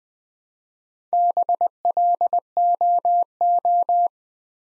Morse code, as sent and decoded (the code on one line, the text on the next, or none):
-... .-.. --- ---
BLOO